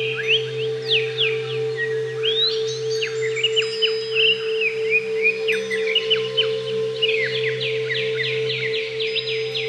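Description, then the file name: Greater green leafbird song: sweeping whistles and chatter, ending in a fast series of repeated falling notes, with a constant low hum in the background. "cucak ijo"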